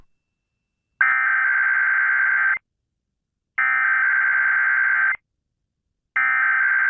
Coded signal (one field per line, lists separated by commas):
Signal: Emergency Alert System (SAME) tones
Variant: header bursts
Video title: July 25th 2021 KDKA Weekly Test (EAS#327)